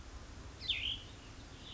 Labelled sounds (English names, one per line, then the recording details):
Cassin's Vireo
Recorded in Sonoma County, California